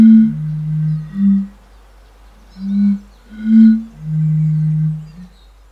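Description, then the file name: European fire-bellied toad calls: soft, low hooting tones, some short and some drawn out. "henrik olsson anders dahl bombina bombina"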